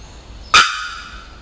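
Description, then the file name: Bearded bellbird delivering a single explosive, anvil-like bock that bursts out suddenly and leaves a short ringing tone fading afterward. Recorded 27 October 2001. "2001-10-27 Bearded Bellbird"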